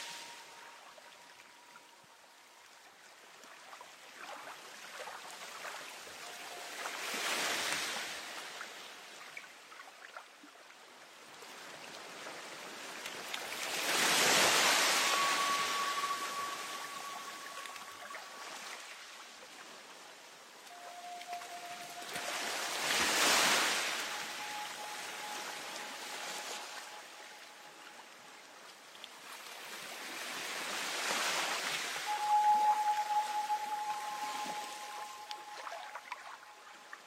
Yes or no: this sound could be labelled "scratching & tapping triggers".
no